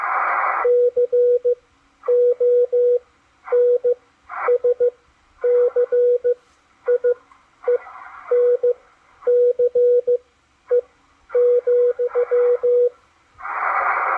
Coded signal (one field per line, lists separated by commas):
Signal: Morse code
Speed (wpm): 15 wpm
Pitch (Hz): 490 Hz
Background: radio noise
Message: CONSCIENCE,